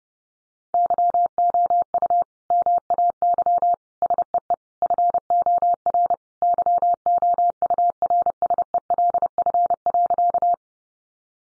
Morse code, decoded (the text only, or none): YOU MAY SEE FOR YOURSELF.